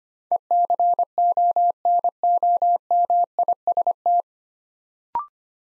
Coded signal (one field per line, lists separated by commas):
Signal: Morse code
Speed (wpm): 25 wpm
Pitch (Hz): 700 Hz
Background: none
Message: ECONOMIST